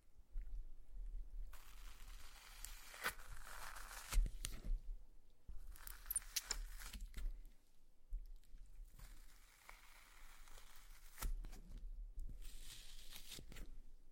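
Slime being squeezed and pressed makes wet crackling, crunching bursts in uneven clusters, with brief sharp pops and short quiet gaps between handlings.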